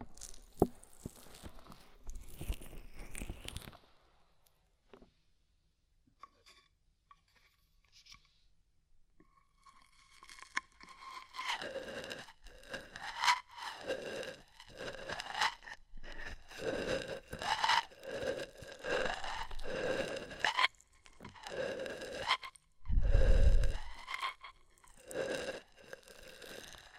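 Oil and foam rubbing in a tingly ear massage: crunchy, scraping strokes, a near-silent pause around five seconds, then dense rhythmic squishing bursts.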